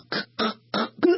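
An adult woman imitates her husband's sleep sounds: bursts of snoring followed by gasping arousal, as in obstructive sleep apnea. Breathing stops, oxygen drops very low, and the body wakes itself up to get air.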